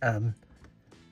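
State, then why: Seated. Someone talks briefly at the start, then the folded plastic antenna on an animatronic droid toy body, which ships folded down, is popped up as its only assembly. It clicks into place at 0.6 s, followed by a softer rustle near 0.9 s.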